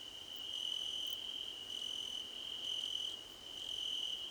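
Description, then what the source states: Cricket chorus of a steady shrill trill plus higher chirping phrases recurring regularly, loudness rising and falling in waves. Several crickets singing together in a chorus, described as a choir competition.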